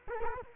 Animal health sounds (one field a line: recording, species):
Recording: mosquito wingbeat signal from an infrared sensor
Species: Culex quinquefasciatus